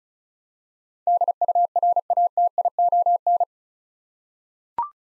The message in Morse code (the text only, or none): DURATION